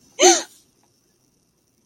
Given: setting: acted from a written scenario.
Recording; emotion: vocal sound without words; fear